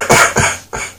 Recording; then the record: coughing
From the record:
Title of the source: Spring Cold Coughing 2